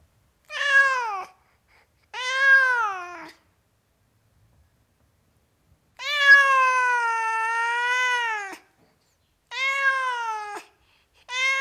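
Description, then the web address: Cat meowing: five drawn-out, nasal meows, the middle one long and steady, the last cut off at the end, with quiet gaps between. Tom cat, meowing. "The BBC Sound Effects Library. Tom Cat, Meowing"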